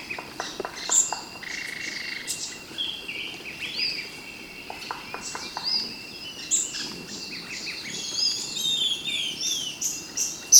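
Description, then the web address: Bird chirps and clicks sound sporadically, with thin high whistled notes near the end and a steady faint hiss throughout. "BIRD 2015 SABIOD 50 bird 2015"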